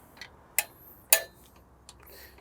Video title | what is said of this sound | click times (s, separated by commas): Upgrade to a New Seachoice Trailer Winch In Minutes | Okay you'll see it locks in place. | 0.6 s, 1.1 s